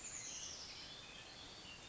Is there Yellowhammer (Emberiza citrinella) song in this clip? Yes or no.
no